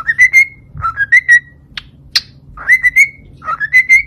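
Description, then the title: Cockatiel whistled song, short phrases of rising whistles with a couple of sharp clicks in between. Several cockatiels singing and whistling. "Calopsitas Cantando Assobio"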